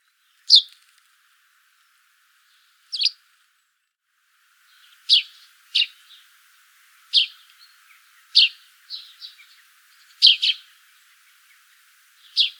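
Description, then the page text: Eurasian tree sparrow repeating crisp chirps, sparse at first, then more frequent, some notes paired. "Volker Arnold - Полевой воробей (Passer montanus)"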